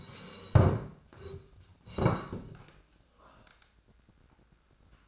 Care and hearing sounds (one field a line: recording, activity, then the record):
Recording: daily activity, microphone in the room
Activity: sit down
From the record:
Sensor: 2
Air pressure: 1012.1 hPa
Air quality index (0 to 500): 170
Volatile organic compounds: 2 ppm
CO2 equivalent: 1240 ppm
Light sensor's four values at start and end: 89/199/93/120 and 46/116/50/56